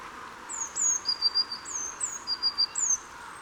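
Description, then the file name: Eurasian blue tit giving very high, thin, downslurred notes, each followed by a lower, level series of short notes, repeated over faint background hiss. "Cyanistes caeruleus"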